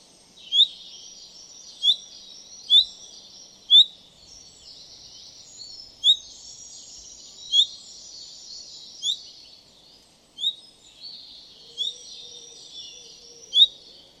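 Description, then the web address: Common chaffinch giving about eleven short piercing call notes at irregular intervals, against steady twittering behind. "Deverinetal"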